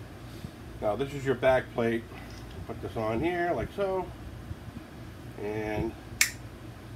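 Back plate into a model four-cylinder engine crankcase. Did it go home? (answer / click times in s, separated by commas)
yes / 6.2 s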